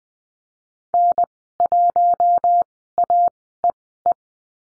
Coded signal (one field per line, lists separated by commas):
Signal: Morse code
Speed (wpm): 20 wpm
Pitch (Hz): 700 Hz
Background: none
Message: N1AEE